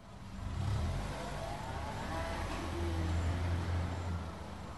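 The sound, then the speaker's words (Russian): A car engine drones steadily as the vehicle drives to the edge of a forest and stops there. It is a low, rumbling hum with a mild swell in revs partway through, continuing without any voices. “Мэнсон остановил машину у кромки леса, где их встречал патрульный.”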